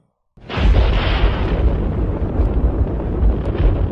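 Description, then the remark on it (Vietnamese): A sudden, loud thunderclap bursts in after a brief silence, then rolls on as a sustained, heavy rumble with deep low-end energy that stays loud to the end. “Một tiếng sấm to động trời vang lên.”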